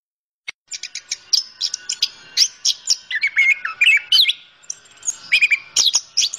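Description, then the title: Orange-headed thrush song starting after a short silence, then a lively stream of high chirps, slurred whistles and rising notes. Described as gacor, a term for a bird singing vigorously. "Anis Kembang Gacor"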